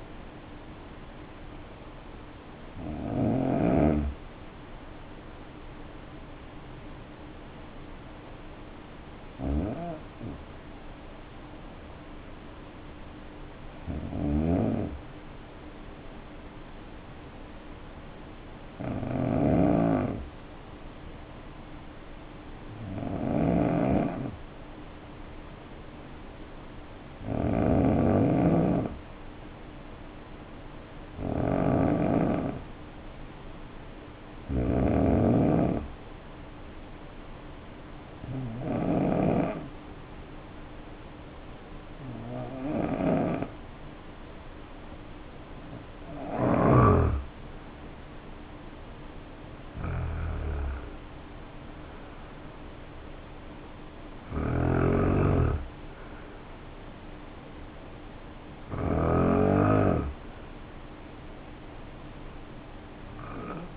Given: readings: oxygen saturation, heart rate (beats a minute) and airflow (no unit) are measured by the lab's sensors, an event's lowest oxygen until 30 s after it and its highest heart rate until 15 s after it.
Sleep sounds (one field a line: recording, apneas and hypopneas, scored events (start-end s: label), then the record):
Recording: breathing in sleep by a voice recorder at the bedside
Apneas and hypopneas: 2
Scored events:
7.00-63.77 s: new sleep stage, N1 (lightest sleep)
8.00-27.30 s: hypopnea (N1, oxygen 94% highest, then 87% lowest, heart rate 55 at the start, 63 highest)
39.00-52.40 s: hypopnea (N1, oxygen 89% highest, then 87% lowest, heart rate 59 at the start, 63 highest)
From the record:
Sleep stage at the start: N2 (light sleep)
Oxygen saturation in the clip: 75 to 94%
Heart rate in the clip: 52 to 77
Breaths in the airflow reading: 14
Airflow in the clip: -4.5 to 5.5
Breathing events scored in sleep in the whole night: 520 in 7.2 hours asleep